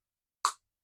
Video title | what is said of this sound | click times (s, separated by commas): Trash Lawnmower Finally Runs After Complete Rebuild | until you hear it click into place. | 0.4 s